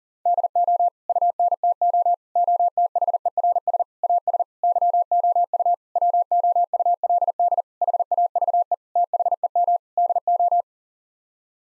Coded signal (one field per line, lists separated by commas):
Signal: Morse code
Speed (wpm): 40 wpm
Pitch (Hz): 700 Hz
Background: none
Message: DO UNTO OTHERS AS YOU WOULD HAVE THEM DO